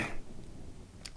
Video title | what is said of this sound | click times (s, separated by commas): Knife review: Enlan El-02 folder - Cheap but solid quality | locks in place when you close it | 1.1 s